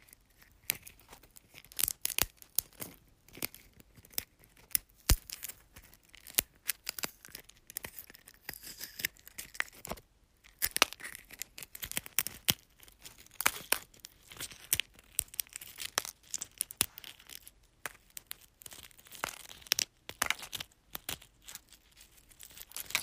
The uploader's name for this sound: ASMR Crunching Eggs